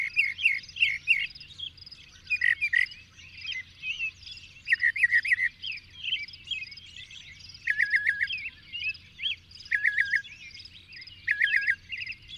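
Bird song: a lively chorus of twitters and chirps, with one bird repeating a short trilled phrase of four to five notes every couple of seconds.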